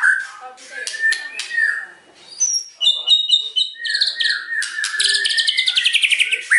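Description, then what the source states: White-rumped shama song: loud, varied phrases of clear whistles, sharp chips and rapid trills, changing pitch often. Lure recording (pancingan) of a shama in full, energetic song (gacor), meant to provoke an immediate response from other birds.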